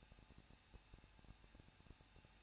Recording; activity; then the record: daily activity, microphone in the room; no activity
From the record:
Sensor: 2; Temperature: 21.0 degrees Celsius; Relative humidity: 37.3%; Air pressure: 1006.2 hPa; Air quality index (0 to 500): 222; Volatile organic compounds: 24 ppm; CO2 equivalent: 2810 ppm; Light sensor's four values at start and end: 2/3/2/2 and 2/3/2/2